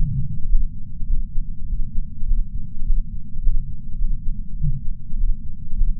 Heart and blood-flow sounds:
heart sounds by patch sensor on the chest; 102 bpm
0.47 s: heartbeat
1.06 s: heartbeat
1.66 s: heartbeat
2.26 s: heartbeat
2.85 s: heartbeat
3.41 s: heartbeat
3.97 s: heartbeat
4.56 s: heartbeat
5.16 s: heartbeat
5.76 s: heartbeat
From the record:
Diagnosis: coronary artery disease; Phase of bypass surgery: postoperative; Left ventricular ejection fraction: 64%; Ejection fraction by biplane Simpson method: 61.7%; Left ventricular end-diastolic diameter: 46 mm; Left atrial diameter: 31 mm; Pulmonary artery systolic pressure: 30 mmHg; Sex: male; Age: 43 years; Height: 177 cm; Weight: 75 kg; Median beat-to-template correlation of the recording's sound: 0.76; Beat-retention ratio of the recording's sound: 0.99

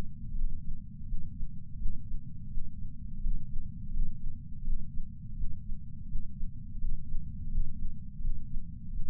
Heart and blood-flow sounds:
heart sounds by patch sensor on the chest; 84 bpm
0.36 s: heartbeat
1.07 s: heartbeat
1.78 s: heartbeat
2.49 s: heartbeat
3.22 s: heartbeat
3.93 s: heartbeat
4.64 s: heartbeat
5.36 s: heartbeat
6.08 s: heartbeat
6.80 s: heartbeat
7.51 s: heartbeat
8.21 s: heartbeat
8.92 s: heartbeat
From the record:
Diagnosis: coronary artery disease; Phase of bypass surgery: preoperative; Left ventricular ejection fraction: 50.8%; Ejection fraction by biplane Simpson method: 50%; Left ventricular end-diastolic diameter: 50 mm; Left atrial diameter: 32 mm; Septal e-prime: 7.2 cm/s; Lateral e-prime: 9.1 cm/s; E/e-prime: 8.5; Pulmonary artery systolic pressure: 23 mmHg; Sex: male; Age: 65 years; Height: 170 cm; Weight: 65 kg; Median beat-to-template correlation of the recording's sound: 0.75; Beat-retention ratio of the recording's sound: 0.96

